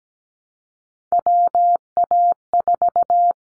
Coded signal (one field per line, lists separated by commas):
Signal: Morse code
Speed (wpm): 17 wpm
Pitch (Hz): 700 Hz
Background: none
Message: WA4